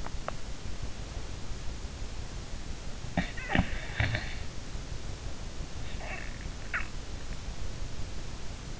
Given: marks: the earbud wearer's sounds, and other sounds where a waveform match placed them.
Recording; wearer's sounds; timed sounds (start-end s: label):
sounds in sleep by an in-ear microphone; teeth grinding, snoring breath
0.00-0.46 s: teeth grinding
3.03-4.32 s: snoring breath
5.95-7.09 s: snoring breath